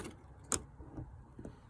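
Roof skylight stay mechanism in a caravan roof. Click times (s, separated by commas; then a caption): 0.5 s. A 2021 Buccaneer Aruba caravan's roof skylight is pushed gently upward until its stay mechanism clicks into its first open position at 0.5 s, where the skylight holds on its own. A sharp, bright click stands out over quiet background noise, and a much fainter tick follows at about 1.4 s.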